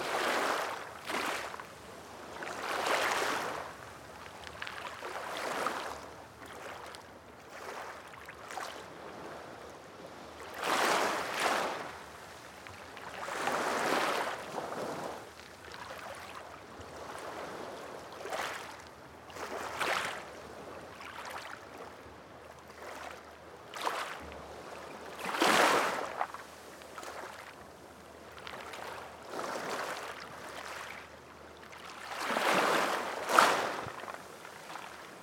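Gentle waves wash onto a quiet beach, each one swelling into a soft, hissing rush and then fading back. The surges come every three to five seconds, with the strongest around 3, 11, 14, 25 and 33 seconds, over a faint low rumble.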